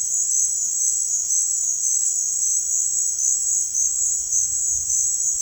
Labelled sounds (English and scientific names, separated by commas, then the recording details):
none
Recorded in dense forest near Puerto Asís, Putumayo, Colombia, on 4 March 2025 at 16:30
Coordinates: 0.481, -76.323
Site G088